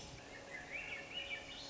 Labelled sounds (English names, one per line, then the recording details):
Swainson's Thrush
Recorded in Sonoma County, California